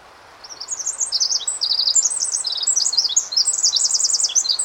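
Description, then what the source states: Pacific wren song: a long, rapid stream of very high tinkling notes and fast trills, jumping up and down in pitch without pause over a faint background hiss. Song packs a very large number of very fast notes into a short time.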